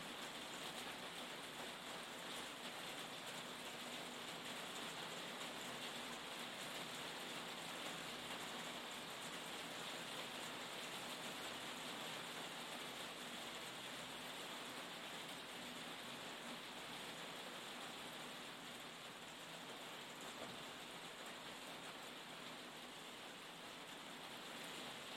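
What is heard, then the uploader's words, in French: Steady rain falls on a small cabin, a dense, even hiss with bright patter and no pauses, unchanging for the whole stretch. Session ASMR dans une petite cabane sous la pluie.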